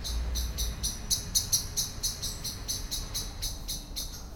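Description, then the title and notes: Common blackbird giving a rapid scolding series of sharp, high chacking notes, several per second, over a low rumble of street background. Excited scolding while flying from tree to tree; Lütticher Straße, Cologne; morning; cyclists and pedestrians on the pavement in background; nearfield recording. "cologne, lütticherstrasse, amsel. amsel aufgeregt schimpfend fliegt von baum zu baum, im hintergrund fahrradfahrer und fussgänger auf dem bürgersteig, morgens. soundmap nrw"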